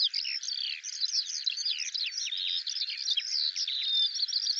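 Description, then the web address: Eurasian skylark song: a dense, unbroken stream of rapid high chirps, trills and slurred whistles that tumble without pause through the whole stretch. "Deverinetal 2025 File cleaned normalized Bird Al Ar"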